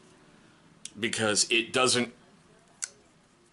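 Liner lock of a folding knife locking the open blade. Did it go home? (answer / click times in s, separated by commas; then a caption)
yes / 2.8 s. Someone talks about the stiff liner lock on a new folding knife that has been hard to work into place, with a faint tick near 0.9 s. One sharp click follows at 2.8 s as the liner lock finally pops into place, locking the open blade.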